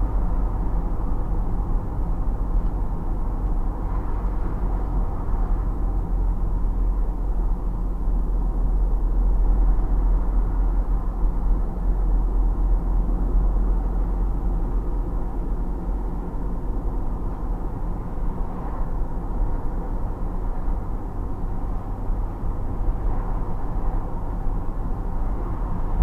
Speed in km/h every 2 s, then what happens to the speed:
51, 50, 48, 46, 44, 46, 46, 48, 50, 50, 51, 51, 51.
0-7 slows to 44. 7-26 steady at about 50.